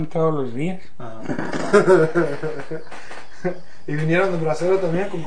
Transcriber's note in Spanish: risas